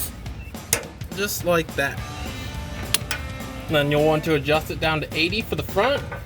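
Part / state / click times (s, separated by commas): click-type torque wrench on a suspension control arm bolt / torque reached / 0.7 s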